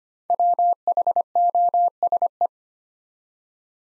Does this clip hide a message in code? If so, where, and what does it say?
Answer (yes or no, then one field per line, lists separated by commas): yes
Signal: Morse code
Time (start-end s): 0.3-2.5 s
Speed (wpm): 25 wpm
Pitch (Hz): 700 Hz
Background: none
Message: WHOSE